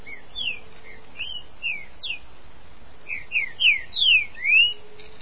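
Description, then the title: Green-winged saltator song: a phrase of clear whistled notes, slurred up and down, a soft opening then a louder burst of rising and falling whistles near the end. "Trinca Ferro"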